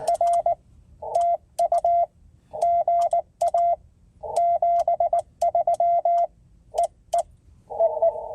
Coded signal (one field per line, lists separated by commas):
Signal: Morse code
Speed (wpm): 20 wpm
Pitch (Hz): 680 Hz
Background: none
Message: R TU GA 73 EE EE